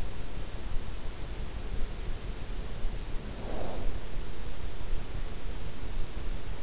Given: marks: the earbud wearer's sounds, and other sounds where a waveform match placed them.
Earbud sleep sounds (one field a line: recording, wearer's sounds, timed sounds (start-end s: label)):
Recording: sounds in sleep by an in-ear microphone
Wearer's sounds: snoring breath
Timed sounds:
3.10-3.96 s: snoring breath